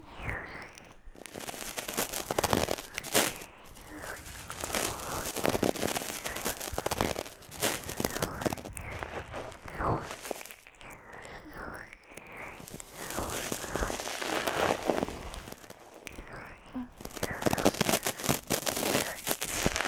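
Cream is massaged onto a left ear after ear cleaning, making a continuous wet, crackling, squishy rubbing that swells and fades in strokes, with occasional soft whispering mixed in.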